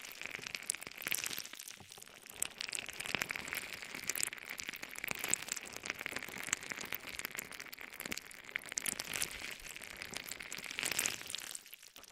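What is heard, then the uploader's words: Jelly squishes and crackles in a dense, wet, continuous patter for the whole twelve seconds, with sharper pops scattered throughout and fading briefly at the end. ASMR Stress Relieving Jelly Sounds For Sleep.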